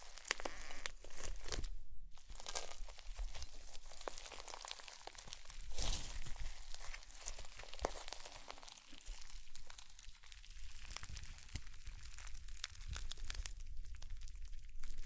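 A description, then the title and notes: Slime being squeezed and worked makes dense, continuous crinkly crackling and sticky pops, with brief quieter dips near two and nine seconds. ASMR Slime - SO Satisfying - ( No Talking).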